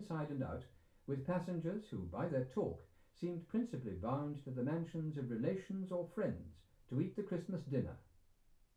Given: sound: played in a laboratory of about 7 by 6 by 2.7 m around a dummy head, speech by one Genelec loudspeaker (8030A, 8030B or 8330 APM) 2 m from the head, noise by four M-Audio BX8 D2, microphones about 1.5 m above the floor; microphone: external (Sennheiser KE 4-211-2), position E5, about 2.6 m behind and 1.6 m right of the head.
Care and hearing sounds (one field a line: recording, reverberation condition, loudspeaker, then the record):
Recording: male speech in English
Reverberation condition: low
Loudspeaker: 150 degrees to the right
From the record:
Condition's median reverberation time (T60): about 310 ms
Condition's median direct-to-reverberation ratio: about 3.5 dB